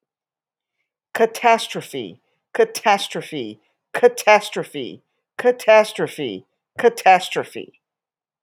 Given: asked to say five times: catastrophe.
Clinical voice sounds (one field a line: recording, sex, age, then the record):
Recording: repeated word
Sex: female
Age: 60 to 69 years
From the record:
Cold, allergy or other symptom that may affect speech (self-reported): no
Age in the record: 63 years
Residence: Texas, United States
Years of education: 16